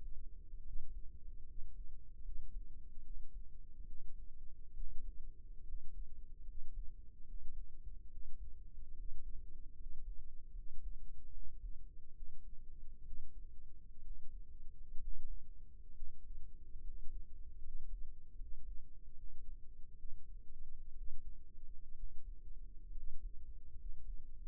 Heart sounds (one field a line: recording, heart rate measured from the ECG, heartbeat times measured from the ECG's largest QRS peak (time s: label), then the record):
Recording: heart sounds by microphone in the right ear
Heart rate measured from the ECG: 70 bpm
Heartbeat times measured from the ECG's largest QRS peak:
0.63 s: heartbeat
1.45 s: heartbeat
2.23 s: heartbeat
3.02 s: heartbeat
3.85 s: heartbeat
4.75 s: heartbeat
5.64 s: heartbeat
6.45 s: heartbeat
7.25 s: heartbeat
8.09 s: heartbeat
8.95 s: heartbeat
9.76 s: heartbeat
10.53 s: heartbeat
11.31 s: heartbeat
12.14 s: heartbeat
13.04 s: heartbeat
14.02 s: heartbeat
14.99 s: heartbeat
15.93 s: heartbeat
16.82 s: heartbeat
17.61 s: heartbeat
18.37 s: heartbeat
19.15 s: heartbeat
19.96 s: heartbeat
20.94 s: heartbeat
21.94 s: heartbeat
22.93 s: heartbeat
23.76 s: heartbeat
From the record:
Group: healthy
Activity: rest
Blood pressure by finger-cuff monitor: 113/63 mmHg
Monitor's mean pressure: 77 mmHg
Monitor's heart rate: 71 bpm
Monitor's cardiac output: 6.6 L/min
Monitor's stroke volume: 96 mL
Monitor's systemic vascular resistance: 850 dyn s/cm5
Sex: male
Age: 22 years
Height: 181 cm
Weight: 79 kg